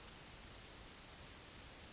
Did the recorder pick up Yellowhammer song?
no